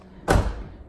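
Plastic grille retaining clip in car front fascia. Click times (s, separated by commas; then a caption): 0.3 s. A plastic retaining clip on the plastic front grille of a 2010 Dodge Charger pops out of the car's front fascia as the grille is pulled off the body before plasti-dipping. After a quiet stretch, a loud, broadband thump lands at 0.3 s and fades over the next half second. The clip releases and the grille comes free.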